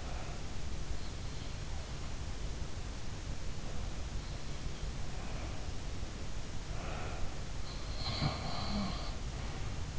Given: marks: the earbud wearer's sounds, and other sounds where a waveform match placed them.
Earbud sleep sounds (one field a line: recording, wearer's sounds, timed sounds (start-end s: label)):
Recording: sounds in sleep by an in-ear microphone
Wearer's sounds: breath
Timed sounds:
0.00-0.61 s: breath
6.74-7.43 s: breath
7.97-9.99 s: sound from someone else or the room